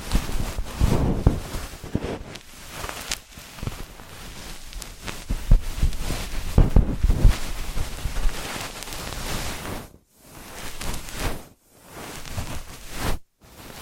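Ear massage and cleaning sounds: dense rustling and scratching with soft thumps, fairly steady, broken by brief silences near ten, twelve and thirteen seconds.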